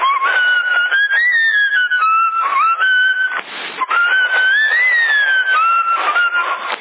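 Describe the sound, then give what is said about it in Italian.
A man whistles a wavering, gliding tune over a crackly, narrow-band CB radio channel in Sassari, March 2010, the loud whistle running steadily for several seconds against a constant hiss of static. “Avanti, questo signore sta fischiando, chi è?”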